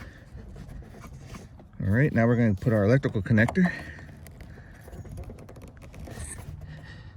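Someone talks while handling the plastic electrical connector of the wiring harness by hand, getting it ready to push onto the fuel pump module's mating socket during a fuel pump replacement on a 2018 Toyota Yaris iA with 111k miles. A few faint, sharp handling ticks are heard after the talking. Nothing has seated or clicked yet.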